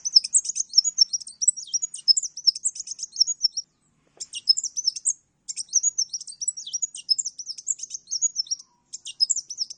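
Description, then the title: Oriental magpie-robin song: rapid, varied high whistles and chattering notes in dense bursts, with several brief pauses, the singing resuming lively after each. Champion kacer singing lively (gacor); master song used for bird training. "Kacer Juara Gacor"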